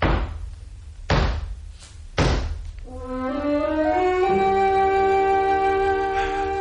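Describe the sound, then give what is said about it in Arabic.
Three heavy, evenly spaced knocks on the door of a house in Mecca, about a second apart, then sustained melodic music swells in and holds steady. No one speaks. “فلما قدمت مكة سألت عنه فدللت على منزلي، فأتيته فقرعت الباب.”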